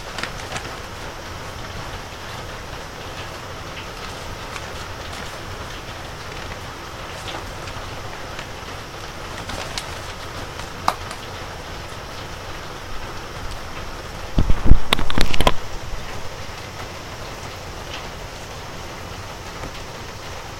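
Steady rain hisses evenly throughout on a wet evening before a typhoon, while carrot seeds dried under the eaves are being knocked loose. A single faint tick comes near 11 seconds, and a short, loud burst of dry rustling and patter arrives around 14–16 seconds.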